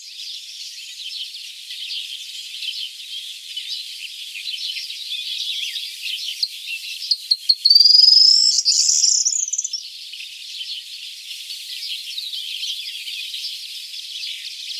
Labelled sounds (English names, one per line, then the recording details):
Corn Bunting song
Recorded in the wild
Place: Ihringen bis Breisach am Kaiserstuhl, Baden-Württemberg, DE
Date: 1979-07-05
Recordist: Schwarz, Dieter
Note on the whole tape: Song